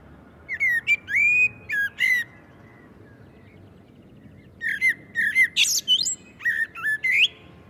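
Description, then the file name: Common blackbird song in two phrases: mellow fluted whistles, then a pause of about two seconds and a longer warbling phrase with high squeaky notes. "Turdus merula"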